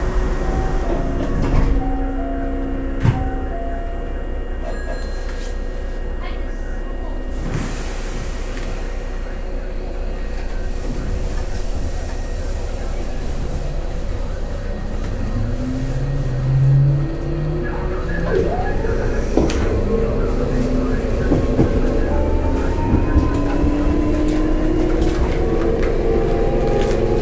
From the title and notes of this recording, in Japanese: 阪急7000系 神戸線普通 西宮北口から神戸三宮まで。阪急電鉄7000系電車の走行音です。神戸線の普通列車にて収録しました。